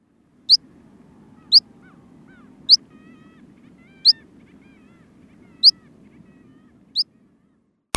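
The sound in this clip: Pipit calls, thin high sharp notes given singly every second or so, six in all, over a low steady hum, ending in a brief click.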